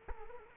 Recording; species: mosquito wingbeat signal from an infrared sensor; Culex quinquefasciatus